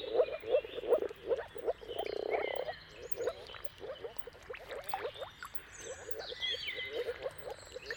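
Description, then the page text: Moor frog mating calls, rapid muffled croaks in quick runs that briefly swell into a blur, while birds sing behind. Moor frogs in a mating chorus at sunrise at the turn of March and April, timing depending on the weather. "Dawn’s Chorus: Mating Calls of Marsh Frogs at Sunrise. Depending on the weather at the turn of March and April, you can witness an amazing spectacle of moor frogs. Jakub Orzecki. earth.fm"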